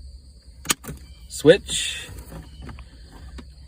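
A wiring harness plug is pushed onto the back of a convertible top switch from a 1994–2004 Ford Mustang, seating with a sharp click at 0.7 s. After the click there are a few fainter taps, and someone talks around 1.5–2.0 s.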